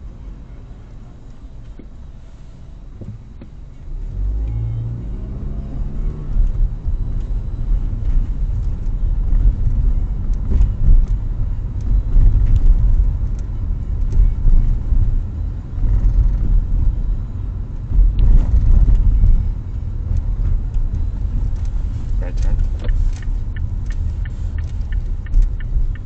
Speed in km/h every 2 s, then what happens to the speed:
0, 0, 13, 23, 28, 30, 29, 29, 28, 28, 26, 24, 23.
0-2 standing. 2-9 pulls away to 30. 9-18 steady at about 29.